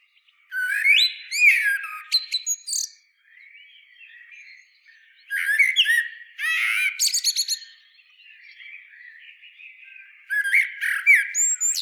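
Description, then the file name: Common blackbird singing three phrases a few seconds apart, each a mellow warbled opening that breaks into high, scratchy twittering, with faint chatter between phrases. "Turdus merula"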